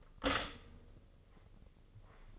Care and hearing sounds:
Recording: daily activity, microphone in the room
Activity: stop toaster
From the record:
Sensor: 4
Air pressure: 996.1 hPa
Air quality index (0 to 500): 66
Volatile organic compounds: 2 ppm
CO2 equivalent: 1204 ppm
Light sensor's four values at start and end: 13/34/13/15 and 13/34/13/14

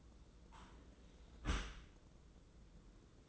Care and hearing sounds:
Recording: daily activity, microphone in the room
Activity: close dishwasher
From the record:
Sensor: 3

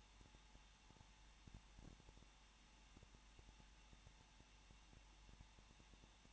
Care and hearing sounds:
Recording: daily activity, microphone in the room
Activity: no activity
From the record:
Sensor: 1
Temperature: 20.1 degrees Celsius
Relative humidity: 39.4%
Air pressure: 1006.4 hPa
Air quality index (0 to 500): 219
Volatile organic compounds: 81 ppm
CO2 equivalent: 3615 ppm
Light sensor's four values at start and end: 1/2/1/1 and 1/2/1/1

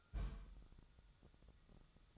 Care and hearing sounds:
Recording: daily activity, microphone in the room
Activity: place on stove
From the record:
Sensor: 3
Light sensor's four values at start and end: 7/17/7/6 and 7/17/7/6

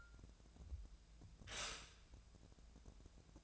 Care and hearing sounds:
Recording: daily activity, microphone in the room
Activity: stop toaster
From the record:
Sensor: 2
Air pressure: 1000.0 hPa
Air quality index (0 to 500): 151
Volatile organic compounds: 2 ppm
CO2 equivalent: 1274 ppm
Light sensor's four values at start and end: 25/64/27/29 and 26/64/27/29

